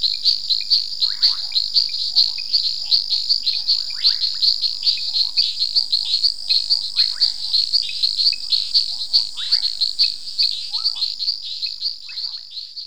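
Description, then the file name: Long-nosed reed frog chorus, dense high-pitched clicking chirps repeated rapidly and overlapping, with scattered lower buzzy, downslurred rasps throughout. "Hyperolius nasutus"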